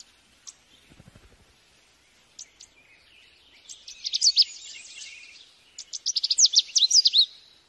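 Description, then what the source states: Lovebird calls: scattered high chips, then two bursts of rapid shrill squeaky notes, the second longer and more rapid. Call used as a lure to attract lovebirds.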